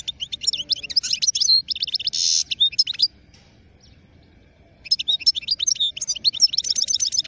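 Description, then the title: European goldfinch song: rapid tinkling, twittering phrases with buzzy notes, a pause of nearly two seconds, then another liquid twittering run. Wild birds, from a collection. "اجمل غناءالحسون الخلويchant chardonneret sauvage collection"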